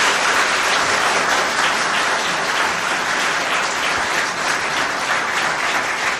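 Sustained applause from an audience, requested on air during a Polish Radio Trójka programme for the people who made the programme possible: a dense, steady wash of many hands clapping at an even loudness for about six seconds, with no voices over it.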